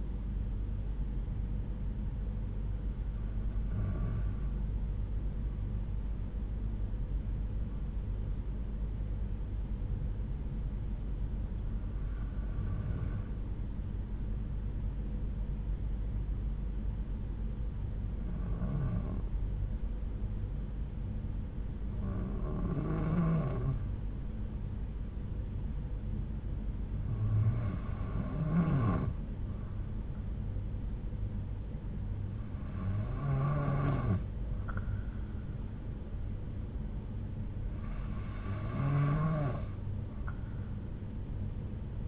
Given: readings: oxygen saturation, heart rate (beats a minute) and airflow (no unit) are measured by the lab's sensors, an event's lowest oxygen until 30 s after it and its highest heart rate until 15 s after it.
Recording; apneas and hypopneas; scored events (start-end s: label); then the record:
breathing in sleep by a smartphone at the bedside; 1
5.00-31.00 s: hypopnea (N2, oxygen 96% highest, then 90% lowest)
From the record:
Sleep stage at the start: N2 (light sleep); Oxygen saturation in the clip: 91 to 96%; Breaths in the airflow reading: 8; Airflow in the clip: -3.7 to 3.7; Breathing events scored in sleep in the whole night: 368 in 8.0 hours asleep